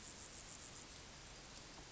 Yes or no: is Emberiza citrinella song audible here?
no